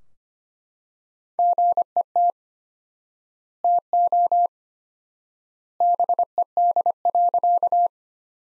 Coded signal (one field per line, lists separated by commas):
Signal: Morse code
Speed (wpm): 25 wpm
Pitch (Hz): 700 Hz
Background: none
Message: GET TO BED.